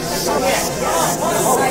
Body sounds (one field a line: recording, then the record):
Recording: background sound without coughing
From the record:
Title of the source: Nightlife Party Simulating Party Club Noise 1 Hour